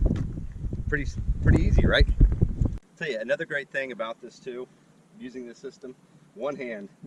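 A modified kayak cart is handled and pushed one-handed toward its mount on the plastic hull of a fishing kayak while someone talks. For the first 2.8 seconds heavy low rumbling wind noise runs under the voice, with a few brief sharp knocks near the end of that stretch, and then the talking continues over a quieter background. The clip ends before the cart goes home, so nothing has seated or clicked yet.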